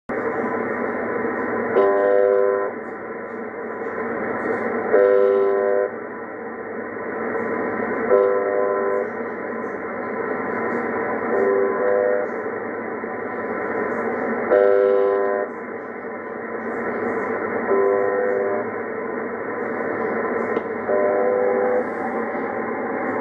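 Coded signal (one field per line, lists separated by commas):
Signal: channel marker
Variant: UVB-76 (The Buzzer)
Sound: short harsh buzzes about 1 second long, roughly every 3 seconds, over steady hiss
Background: radio static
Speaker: Ну вот он этот бузер которые ещё знают как увб 76 частота 4625 спокойно продолжает свою работу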